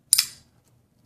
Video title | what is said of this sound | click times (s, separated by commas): GTC 10th Anniversary Dress Stampede (TKI 2016 Open Bid) | clunk when the lock bar engages, so you hear that. | 0.1 s